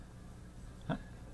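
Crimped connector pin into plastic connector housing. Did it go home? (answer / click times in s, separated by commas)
yes / 0.9 s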